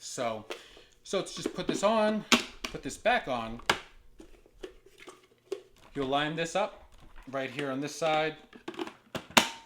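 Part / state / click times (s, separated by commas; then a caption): hair container onto pet grooming vacuum / seated / 9.4 s. Someone talks while lining up a plastic hair container on one side and pushing it back onto a pet grooming vacuum unit, with a few faint plastic taps along the way. The container clicks into place at 9.4 s with a sharp, loud snap, seating it back on the unit.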